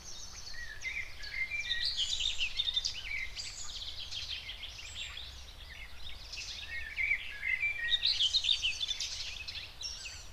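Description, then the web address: Common whitethroat song, scratchy, hurried warbled phrases with brief pauses, repeated throughout against a light background hiss. Recorded in the Spreewald. "ornithologie dorngrasmuecke 2 m 08 St We Spreewald"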